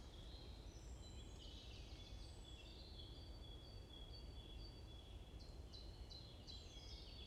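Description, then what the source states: Bird chirping with overlapping high whistles and twittering, then a brisk series of sharp repeated notes near the end, low hum beneath. Morning chorus in a forest at Bosvoorde, Watermaal-Bosvoorde, Brussels, Belgium; peaceful setting; recorded with an AMBE VR microphone.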